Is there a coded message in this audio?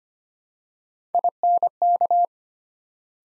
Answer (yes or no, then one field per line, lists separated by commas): yes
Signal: Morse code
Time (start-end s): 1.1-2.3 s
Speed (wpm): 25 wpm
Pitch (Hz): 700 Hz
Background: none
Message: INK